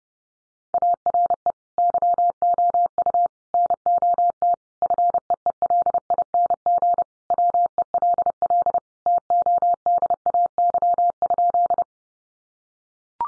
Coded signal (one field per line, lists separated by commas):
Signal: Morse code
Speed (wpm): 30 wpm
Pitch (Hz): 700 Hz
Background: none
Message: ARE YOU NOT FEELING WELL TODAY?